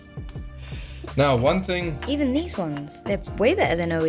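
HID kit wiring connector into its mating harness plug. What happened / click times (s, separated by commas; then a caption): The wiring connector clicked in / 0.3 s. A plastic HID kit wiring connector is pushed into its mating harness plug and clicks in, seated, with a sharp short click at 0.3 s. Someone talks over background music for the rest of the clip.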